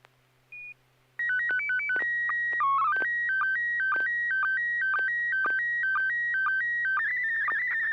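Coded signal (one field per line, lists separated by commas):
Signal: SSTV (slow-scan television)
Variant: PD120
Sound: short beep, then leader tones, fast warbling header, then steadily shifting tones with periodic low blips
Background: low hum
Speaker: this is going to be PD 120 and 6HA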